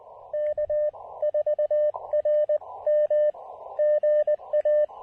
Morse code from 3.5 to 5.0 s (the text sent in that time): GA